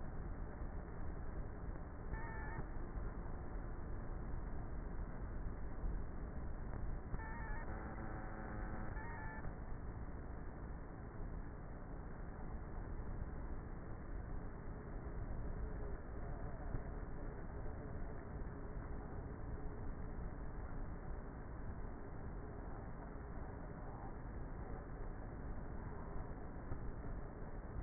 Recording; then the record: honeybee colony, microphone inside the hive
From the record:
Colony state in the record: queenless with a low population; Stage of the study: before two queens were removed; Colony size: about 30,000 bees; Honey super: no